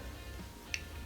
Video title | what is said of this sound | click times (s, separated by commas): ✨ Bottom Freezer Door Not Closing All The Way - Easy Fix - No Parts Needed ✨ | And I'm going to give it a little push to make sure I get the click on both sides. | 0.7 s